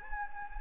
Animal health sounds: mosquito wingbeat signal from an infrared sensor; Anopheles gambiae

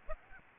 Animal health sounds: mosquito wingbeat signal from an infrared sensor; Aedes aegypti

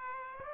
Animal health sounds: mosquito wingbeat signal from an infrared sensor; Aedes aegypti

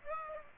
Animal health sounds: mosquito wingbeat signal from an infrared sensor; Aedes aegypti

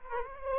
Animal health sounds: mosquito wingbeat signal from an infrared sensor; Aedes aegypti

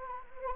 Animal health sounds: mosquito wingbeat signal from an infrared sensor; Anopheles arabiensis

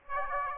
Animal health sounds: mosquito wingbeat signal from an infrared sensor; Aedes aegypti

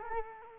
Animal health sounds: mosquito wingbeat signal from an infrared sensor; Culex quinquefasciatus

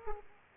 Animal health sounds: mosquito wingbeat signal from an infrared sensor; Aedes aegypti

